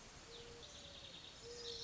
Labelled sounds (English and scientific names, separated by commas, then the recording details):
Mourning Dove (Zenaida macroura)
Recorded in Sonoma County, California